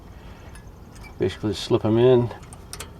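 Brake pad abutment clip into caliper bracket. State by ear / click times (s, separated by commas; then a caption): seated / 2.7 s, 2.8 s. New metal brake pad abutment clips are slipped into the caliper bracket during a rear brake pad and rotor job on a Chevy Tahoe. Someone talks, then two sharp metallic ticks at 2.7 s and 2.8 s mark the clips snapping into place, seated.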